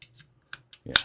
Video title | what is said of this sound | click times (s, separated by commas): TAYLOR FREELANCE BASEPLATE FOR MY CANIK SFX RIVAL MAGS - ARE THEY WHAT I EXPECTED? | And then it when you slide that in, you heard that pop. It pops right back in place there. | 1.0 s